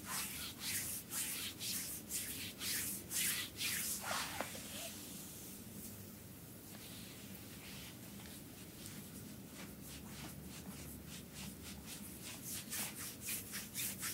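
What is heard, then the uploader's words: Hands are massaged with a gritty scrub, each rubbing stroke a bright, scratchy swish. Strokes come fast and regular for the first four seconds, ease into a softer, steadier rub through the middle, then return as quick rhythmic swipes from about nine seconds on. Asmr front and hand massage. In this video you can see ASMR hand massage with scrub.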